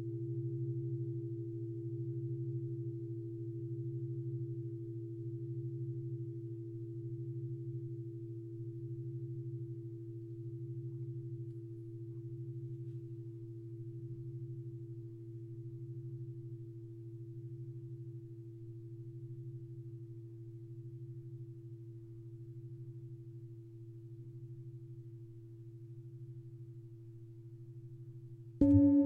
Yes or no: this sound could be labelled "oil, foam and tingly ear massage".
no